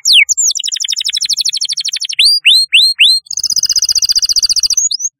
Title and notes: Kicau Burung Kenari